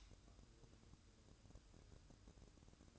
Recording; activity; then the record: daily activity, microphone in the room; light on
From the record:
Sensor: 2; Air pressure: 1007.7 hPa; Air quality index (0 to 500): 82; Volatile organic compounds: 1 ppm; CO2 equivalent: 652 ppm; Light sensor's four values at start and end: 7/16/6/6 and 12/36/14/14